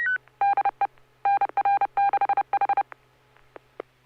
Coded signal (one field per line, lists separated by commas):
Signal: Morse code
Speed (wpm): 30 wpm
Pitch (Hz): 800 Hz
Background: none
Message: DE NR6H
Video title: N6NA SSTV Net - 06/07/2023